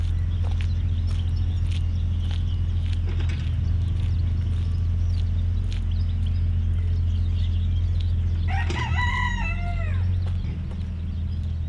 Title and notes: Poranna 1, 41-103 Siemianowice Śląskie, Polska - Kury, kosiarka i koparka. Sobota, 18 maja 2019. Kury, ktoś kosi trawnik, ktoś kopie koparką, ktoś spaceruje. Nagrania terenowe Siemianowic Śląskich - Dźwiękowy Portret Miasta